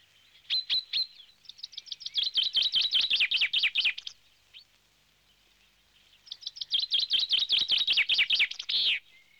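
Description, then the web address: Bird song: short notes leading into a long, fast trill, a pause, then another trill ending in a loud sharp note, in a quiet background. "audio animali uccelli 03 uccelli birds 08"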